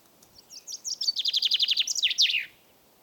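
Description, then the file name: Common chaffinch song, one complete phrase: a few thin opening notes, a rapid evenly repeated trill, then an emphatic falling flourish at the end. "Fringilla coelebs"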